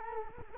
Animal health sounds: mosquito wingbeat signal from an infrared sensor; Culex quinquefasciatus

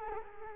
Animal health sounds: mosquito wingbeat signal from an infrared sensor; Culex quinquefasciatus

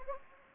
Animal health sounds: mosquito wingbeat signal from an infrared sensor; Anopheles gambiae

